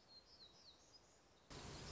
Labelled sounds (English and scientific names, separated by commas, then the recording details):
Black-throated Gray Warbler (Setophaga nigrescens)
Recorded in Sonoma County, California